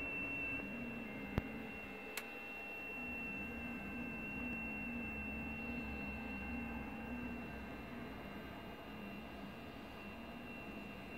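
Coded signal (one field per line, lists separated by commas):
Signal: FT8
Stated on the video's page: FT8 from Greenland on 7 MHz, sent with an IC-7600, SPE Expert 1.3K-FA amplifier and a 40 m dipole.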